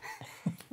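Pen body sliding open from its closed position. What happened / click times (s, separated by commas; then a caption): The stiff pen body pulls open / 0.6 s. A stiff Cross Edge capless pen is pulled apart to extend it, its body sliding open from the closed position. After a couple of soft low thumps, a single sharp click at 0.6 s marks the mechanism giving way and the pen opening.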